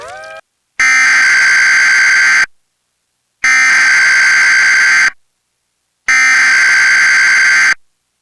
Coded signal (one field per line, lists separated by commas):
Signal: Emergency Alert System (SAME) tones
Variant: header bursts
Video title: EAS Texas Severe Thunderstorm Watch (5/10/26)